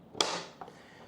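A plastic tripod mounting adapter is slid onto the back of a Starlink Mini portable satellite dish and pressed on both sides so its tabs bend into the channel. A sharp, bright snap at 0.2 s trails off over a few tenths of a second, followed by a fainter tick near 0.6 s. The adapter snaps into place and is seated on the dish.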